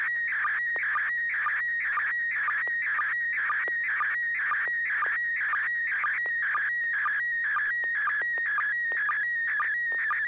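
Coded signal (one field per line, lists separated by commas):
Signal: SSTV (slow-scan television)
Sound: warbling, rapidly shifting tone with regular low chirps about twice a second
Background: low steady hum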